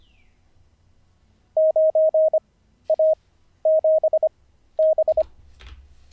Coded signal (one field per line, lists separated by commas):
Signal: Morse code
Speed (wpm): 25 wpm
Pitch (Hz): 630 Hz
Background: none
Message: 9A7B